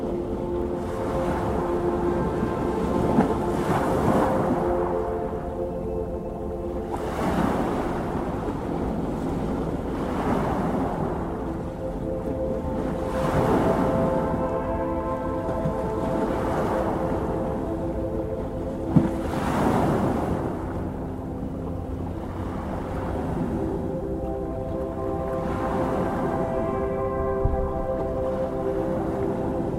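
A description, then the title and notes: Ocean waves roll in and wash back every few seconds, each surge rising to a hissy swell and then easing off, over soft music made of long held tones and low notes. The level stays even throughout. Eight hours of soothing sleep music and calming ocean waves. From gentle symphonic melodies to the rhythmic crashing of waves on the shore.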